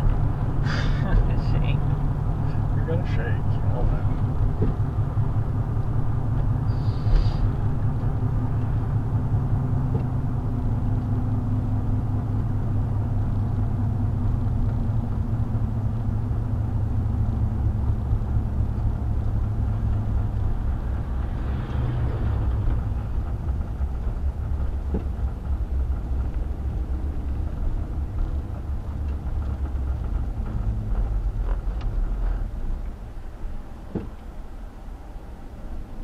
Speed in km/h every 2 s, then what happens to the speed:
47, 47, 47, 47, 45, 42, 40, 39, 37, 34, 32, 26, 21, 23, 21, 16, 8, 6.
0-7 steady at about 47. 7-24 slows to 21. 24-29 steady at about 21. 29-33 brakes to 6.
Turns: none.